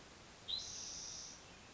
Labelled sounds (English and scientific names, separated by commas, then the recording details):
Spotted Towhee (Pipilo maculatus)
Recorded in Sonoma County, California